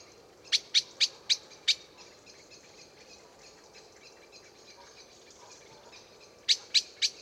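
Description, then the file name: Common blackbird's hard chink calls, a rapid run of five followed after a long gap by three more. "Turdus merula"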